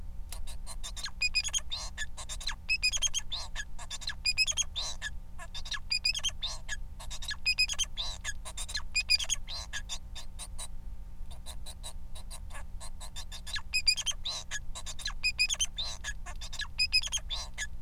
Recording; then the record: song of a male Bengalese finch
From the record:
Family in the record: son of father 4